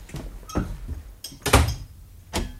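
A house door is opened as a father comes in, with a short series of clattering knocks and bumps, including one heavy low thud midway and a final clunk, with no one speaking.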